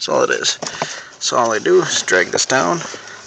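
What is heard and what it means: Someone talks while the self-retracting latch connector on an Evenflo Symphony 65 child car seat base is pulled down toward the vehicle's U-bolt lower anchor bar. Nothing has seated or clicked yet.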